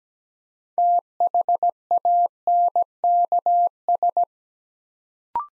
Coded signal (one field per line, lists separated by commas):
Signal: Morse code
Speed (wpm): 17 wpm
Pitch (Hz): 700 Hz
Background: none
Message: THANKS